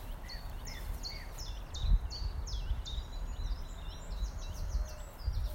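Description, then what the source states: Bird song: a rapid series of thin, high chirps repeated throughout, with a few lower notes early on, over a constant low rumble. Recorded during lockdown, 27 March.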